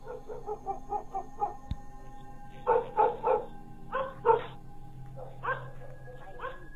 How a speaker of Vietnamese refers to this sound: Ở bên ngoài, con Vàng bị xích ở ngoài cột hiên, cứ hướng về phía cửa sổ nhà chú mà sủa inh ỏi. Dường như nó đang sủa một cái thứ gì đó, một thứ gì đó mà không ai thấy được.